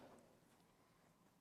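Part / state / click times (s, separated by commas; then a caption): throttle cable connector into the e-moto wiring harness connector / not seated / none. A Hirschmann upgraded throttle's cable, with its plastic wiring connector, is being handled and brought toward the mating harness connector on an e-moto. Only low, steady handling noise is heard across the 1.4-second clip, with no sharp transients. Nothing has seated or clicked yet.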